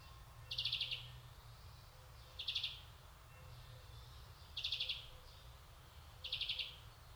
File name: Chloris chloris